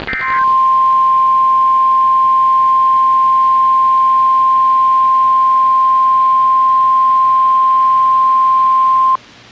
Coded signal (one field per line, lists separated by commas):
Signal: Emergency Alert System (SAME) tones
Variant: 1050 Hz attention tone